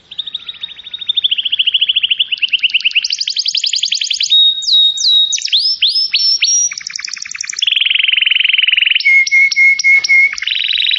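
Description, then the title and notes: Atlantic canary singing a long run of rapid trilled tours, each repeated note series changing pitch, with sweeping whistled slurs and rolling buzzy passages throughout. Canary song used as a lure to attract birds. "Pikat Burung Baru. kenari"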